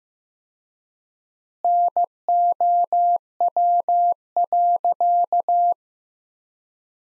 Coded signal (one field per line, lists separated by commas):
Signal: Morse code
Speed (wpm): 15 wpm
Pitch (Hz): 700 Hz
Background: none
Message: NOW.